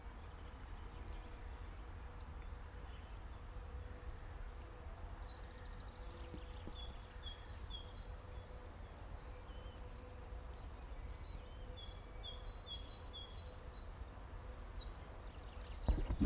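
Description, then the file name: Common nightingale song: a run of thin, high whistled notes repeated in quick succession, some doubled, over a steady low rumble and a faint hum. "Luscinia megarhynchos"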